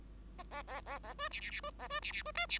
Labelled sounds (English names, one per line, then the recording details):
Bengalese Finch song
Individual Bird5